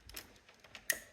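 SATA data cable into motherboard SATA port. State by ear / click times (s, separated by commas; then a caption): seated / 0.9 s. A SATA data cable is pushed into a SATA port on a motherboard in a dark spot, with a few faint taps and scuffs of handling before a sharp, bright click at 0.9 s. The cable is seated and feels secure.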